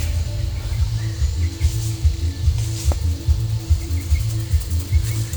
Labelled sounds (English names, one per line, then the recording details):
none
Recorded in pastures near Puerto Asís, Putumayo, Colombia, on 22 December 2024 at 11:30
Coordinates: 0.497, -76.327
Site G088